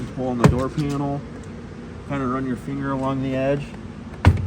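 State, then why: Released. Someone talks while an interior door panel on a Pontiac Torrent / Chevy Equinox is pulled by hand at the edge gap during an interior door handle replacement. A sharp pop at 4.2 s is the plastic retaining clip in the door frame popping off, releasing the panel.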